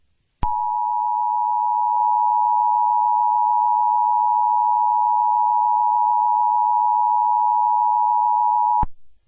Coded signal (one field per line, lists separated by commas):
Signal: Emergency Alert System (SAME) tones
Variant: 853 and 960 Hz attention tone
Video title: EAS Scenario #4: The Singing Clergyman